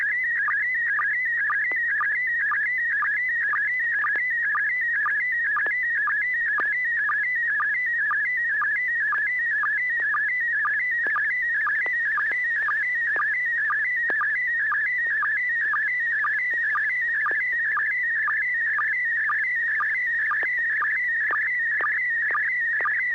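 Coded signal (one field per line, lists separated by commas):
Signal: SSTV (slow-scan television)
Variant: PD120 mode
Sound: continuous warbling tone jumping around 1.5-2.3 kHz with regular short lower chirps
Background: low steady hum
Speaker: was able to successfully transmit a photo very clean photograph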